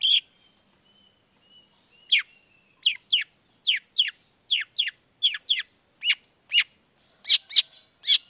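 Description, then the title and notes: Long-tailed shrike giving sharp downslurred notes, singly and in pairs, at irregular intervals with short gaps. Singing actively in the morning, with a varied repertoire including 'toet toet' notes; played to provoke other long-tailed shrikes into responding. "Cendet Gacor Dor Di Kala Pagi Toet Toet Variasi Suara. Cendet Gacor Langsung Nyaut Emosi Hanya dengan Sekali Putar Bikin Cendet Lainya Cepat Respon Bunyi. Burung cendet"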